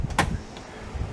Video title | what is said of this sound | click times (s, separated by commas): 75 C3 Corvette I couldn't unlock the passenger door! Volume 58 | And you heard the click, the door's locked. | 0.2 s